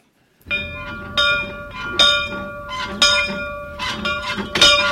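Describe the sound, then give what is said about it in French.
An old bell that belonged to Flaubert, from the Flaubert family's house, rings out in a series of strikes roughly a second apart, each bright metallic clang leaving a sustained, shimmering tone that overlaps the next. “Cette cloche était à la maison d'habitation de la famille de Flaubert.”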